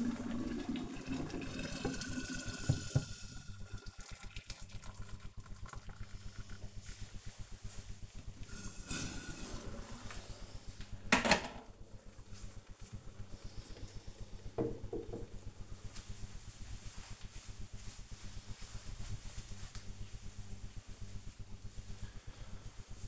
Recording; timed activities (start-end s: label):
household activities, microphone on the right wrist
0.00-13.66 s: making tea